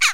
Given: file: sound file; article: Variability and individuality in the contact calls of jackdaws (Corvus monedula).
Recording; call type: jackdaw call; harmonic